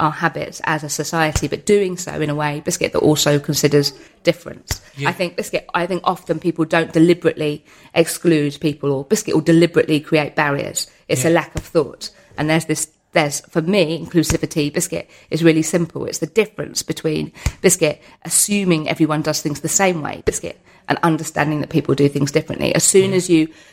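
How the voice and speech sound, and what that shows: An adult woman's fluent speech is interrupted about six times by the word "biscuit", a recurring vocal tic of Tourette syndrome. It is one of her regular vocal tic words, said hundreds of times a day. She has both physical and vocal tics, present since about age six and intensified in her early 20s.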